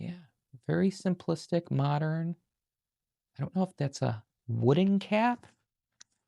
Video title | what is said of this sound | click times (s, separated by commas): You Said I Missed This... It Was Back at Marshall's! | But the cap clicks into place really nicely and again guys this is first impression so I really can't tell | 6.0 s